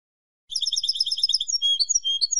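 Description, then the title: European goldfinch song, a fast twinkling trill turning into drawn-out liquid whistles and chattering twitters, still going as the excerpt ends. "Jilguero"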